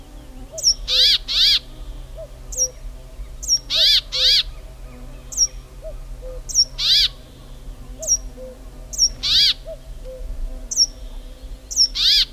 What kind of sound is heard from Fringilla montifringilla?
call